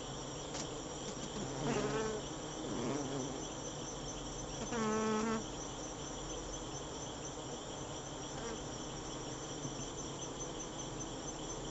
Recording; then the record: honeybee defence experiment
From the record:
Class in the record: attack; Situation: Africanized honeybees under attack by Camponotus atriceps ants